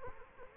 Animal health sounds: mosquito wingbeat signal from an infrared sensor; Culex quinquefasciatus

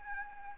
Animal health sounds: mosquito wingbeat signal from an infrared sensor; Aedes albopictus

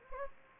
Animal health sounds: mosquito wingbeat signal from an infrared sensor; Anopheles gambiae

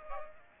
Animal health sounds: mosquito wingbeat signal from an infrared sensor; Aedes aegypti

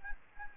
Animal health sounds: mosquito wingbeat signal from an infrared sensor; Anopheles arabiensis

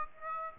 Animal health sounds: mosquito wingbeat signal from an infrared sensor; Aedes aegypti

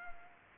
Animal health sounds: mosquito wingbeat signal from an infrared sensor; Culex pipiens

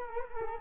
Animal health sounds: mosquito wingbeat signal from an infrared sensor; Culex quinquefasciatus

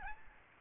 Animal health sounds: mosquito wingbeat signal from an infrared sensor; Aedes albopictus

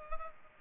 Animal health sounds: mosquito wingbeat signal from an infrared sensor; Culex pipiens

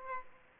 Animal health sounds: mosquito wingbeat signal from an infrared sensor; Aedes aegypti

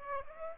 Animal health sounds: mosquito wingbeat signal from an infrared sensor; Aedes aegypti

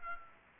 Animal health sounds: mosquito wingbeat signal from an infrared sensor; Aedes aegypti

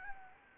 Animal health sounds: mosquito wingbeat signal from an infrared sensor; Anopheles gambiae

